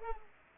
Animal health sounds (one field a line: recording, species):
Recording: mosquito wingbeat signal from an infrared sensor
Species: Culex pipiens